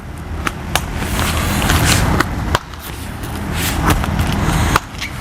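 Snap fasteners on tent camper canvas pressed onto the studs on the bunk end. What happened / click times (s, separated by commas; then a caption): The canvas snap fasteners snapped closed onto their studs / 0.8 s, 2.5 s, 4.8 s. Canvas snap fasteners on a Quicksilver tent camper are pressed one after another onto their studs on the bunk end, after the bimini bar is pulled down for slack. Sharp snaps land at 0.8, 2.6 and 4.8 seconds, with other short clicks and handling noise over steady outdoor background. The canvas ends up snapped in place.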